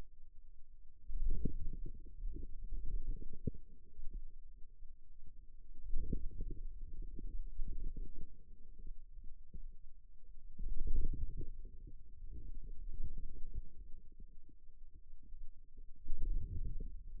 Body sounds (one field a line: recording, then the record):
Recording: forearm muscle sounds (acoustic myography)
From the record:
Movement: wrist extension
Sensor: system 2, bracelet of six BSWA MPA416 microphones around the upper forearm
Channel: 5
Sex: male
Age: 22 years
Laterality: right